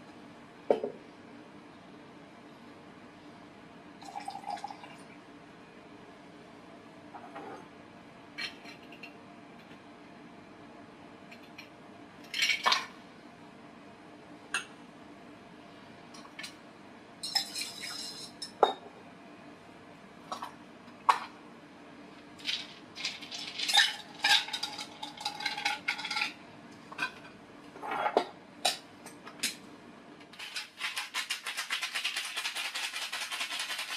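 Bartender sounds: scattered clinks and knocks of glassware and utensils over a low steady hum, with brief bursts of pouring or rattling around 17 seconds and more often between 23 and 29 seconds. After 30 seconds a steady hiss, like running water, takes over.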